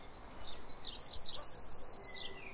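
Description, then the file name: Eurasian blue tit call: a high thin note sliding down, then a rapid run of about eight short buzzy pulses in a quiet background. "Cyanistes caeruleus"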